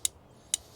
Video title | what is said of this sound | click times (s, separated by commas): Colt Single Action Army Model 1873 3rd Gen | how you unload this, 1, 2 clicks until your wheel | 0.0 s, 0.5 s